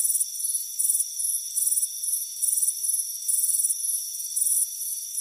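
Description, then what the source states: Crickets chirping in fast pulsed bursts of varying length, backed by a continuous high-pitched insect tone. Crickets chirping on a warm afternoon on a front porch.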